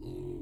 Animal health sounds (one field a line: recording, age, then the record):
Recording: pig call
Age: weaner (32 to 43 days)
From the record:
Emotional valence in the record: negative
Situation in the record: novel object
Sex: female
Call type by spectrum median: low-frequency call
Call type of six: low-frequency stable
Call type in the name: low-frequency stable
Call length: 0.42 s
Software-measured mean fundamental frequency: 44 Hz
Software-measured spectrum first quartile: 108 Hz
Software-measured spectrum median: 275 Hz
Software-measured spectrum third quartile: 371 Hz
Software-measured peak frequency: 342 Hz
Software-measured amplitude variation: 159 dB a second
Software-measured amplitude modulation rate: 36.0 a second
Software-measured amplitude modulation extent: 4.4 dB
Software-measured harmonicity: 2.2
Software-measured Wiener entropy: 0.09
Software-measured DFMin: 1477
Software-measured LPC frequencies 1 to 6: 341, 782, 2316, 2787, 4009, 4775 Hz